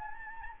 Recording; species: mosquito wingbeat signal from an infrared sensor; Anopheles gambiae